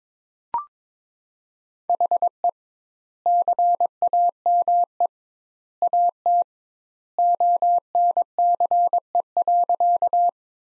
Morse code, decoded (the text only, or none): HE CAME AT ONCE.